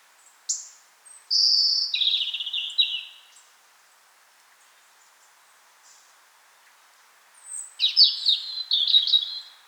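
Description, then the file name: European robin singing two separate bursts of high, sliding whistles and trills, the first sustained then falling, the second sparkling and rapid after a few seconds of quiet. "Erithacus rubecula"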